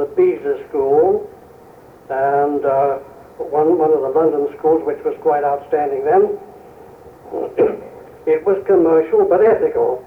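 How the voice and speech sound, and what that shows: Adult male speech with a drawn-out 'and', a repeated 'one', and long pauses: mild stuttering in a man with a lifelong stammer. Three months at a commercial stammering school using deep breathing and light articulation brought only slight, very transient improvement.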